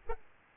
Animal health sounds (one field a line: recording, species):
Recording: mosquito wingbeat signal from an infrared sensor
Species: Aedes albopictus